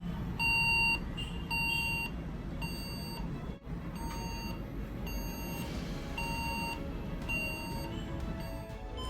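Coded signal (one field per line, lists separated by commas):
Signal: beep code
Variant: HP desktop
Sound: about seven half-second beeps repeating roughly every second over a low fan hum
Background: fan noise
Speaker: एचपी का डेस्कटॉप आया है तो इसमें राम साउंड का आवाज़ ए रहा है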